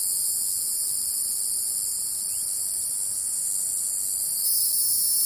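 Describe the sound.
Cicada song, a continuous high, hissing drone that holds steady and then swells louder near the end, with no other sounds.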